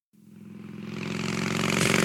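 A rough, low, rattling rumble that grows steadily louder over two seconds: a loud snore on an in-breath from a sleeping adult.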